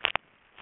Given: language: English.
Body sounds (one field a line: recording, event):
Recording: throat vibration sensor signal played as sound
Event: swallow